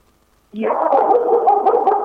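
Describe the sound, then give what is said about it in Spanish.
After a brief silence, a dog suddenly lets out loud, angry barking that runs together into one sustained, rough outburst lasting about a second and a half, with no talking. “Se enojó el perro.”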